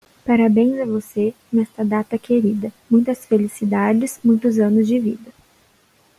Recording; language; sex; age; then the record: short text; Brazilian Portuguese; female; 20 to 29 years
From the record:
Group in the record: control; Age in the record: 22 years